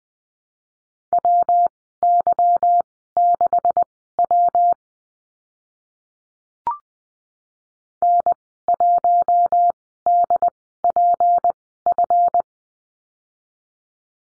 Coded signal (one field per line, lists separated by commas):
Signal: Morse code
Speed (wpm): 20 wpm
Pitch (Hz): 700 Hz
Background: none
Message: WY6W N1DPF